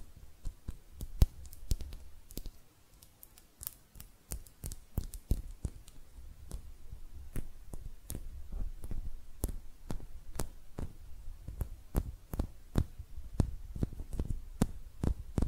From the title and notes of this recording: ASMR Relaxing Hand Sounds (No Talking).